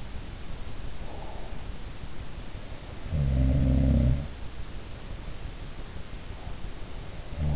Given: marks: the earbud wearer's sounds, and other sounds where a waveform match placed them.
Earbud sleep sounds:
sounds in sleep by an in-ear microphone; breath
0.85-1.81 s: breath
2.76-4.53 s: sound from someone else or the room

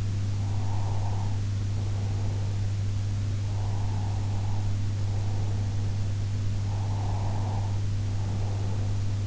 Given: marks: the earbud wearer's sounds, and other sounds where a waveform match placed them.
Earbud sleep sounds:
sounds in sleep by an in-ear microphone; breath
0.56-2.64 s: breath
3.59-5.93 s: breath
6.79-9.27 s: breath

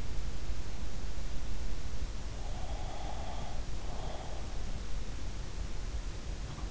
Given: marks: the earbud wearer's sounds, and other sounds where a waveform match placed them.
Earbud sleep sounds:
sounds in sleep by an in-ear microphone; breath
2.49-4.69 s: breath

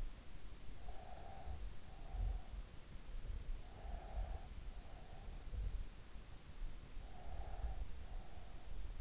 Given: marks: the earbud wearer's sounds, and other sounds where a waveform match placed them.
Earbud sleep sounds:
sounds in sleep by an in-ear microphone; breath
0.60-2.81 s: breath
3.34-5.70 s: breath
6.71-9.01 s: breath

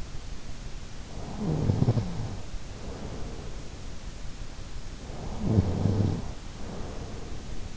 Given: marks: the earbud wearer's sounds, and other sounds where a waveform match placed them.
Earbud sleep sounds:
sounds in sleep by an in-ear microphone; snoring breath
1.10-3.76 s: snoring breath
4.95-7.76 s: snoring breath

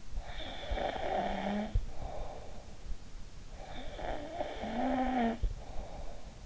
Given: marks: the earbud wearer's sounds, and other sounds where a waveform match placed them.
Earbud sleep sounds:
sounds in sleep by an in-ear microphone; snoring breath
0.16-2.89 s: snoring breath
3.83-6.27 s: snoring breath

